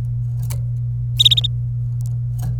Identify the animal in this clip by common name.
Domestic Canary